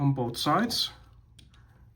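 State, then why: Seated. Someone talks, then presses the plastic windshield panel of a Transformers Studio Series Windcharger transforming robot toy car into its slot on the second side of the car body. A sharp, brief snap comes at 1.4 s, followed by a fainter tick just after. The windshield is clicked into place.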